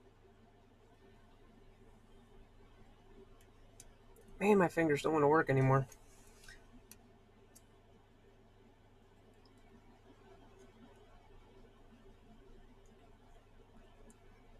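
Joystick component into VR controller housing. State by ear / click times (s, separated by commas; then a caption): not seated / none. A small plastic part of a replacement joystick is handled against a VR controller housing while someone talks briefly around 4.5–5.8 s. Faint ticks and clicks are heard at about 3.8, 4.2, 6.9, 7.6, 9.5 and 14.1 s over a quiet background with a steady low hum. The part has not seated or clicked into place yet.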